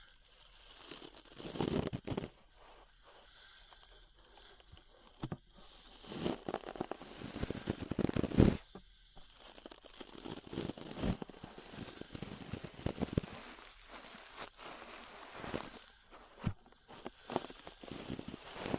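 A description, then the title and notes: Ear brushing makes a run of scratchy, crackling strokes with a rustling hiss between them. The strokes come irregularly, every second or so, with louder bursts near 2, 5 and 8 seconds. A faint steady hum sits underneath throughout. ASMR Relaxing 3Dio Ear Brushing (No Talking).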